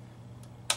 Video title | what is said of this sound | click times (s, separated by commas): Video RIFL INSTRUCTION | and pushed until it clicks into place | 0.7 s